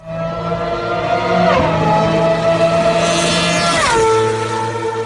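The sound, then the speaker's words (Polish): A 2012 Renault Formula 1 car engine, driven by Robert Kubica in Valencia, screams at high revs, a loud, buzzing, harmonic whine whose pitch climbs and then drops abruptly twice as gears change. No voices are heard. “Cudowny, słodki dźwięk samochodu Renault z 2012 roku.”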